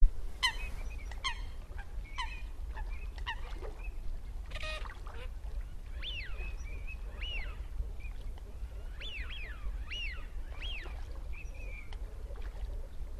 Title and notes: This recording starts with a loud Coot that was so close you can hear it diving.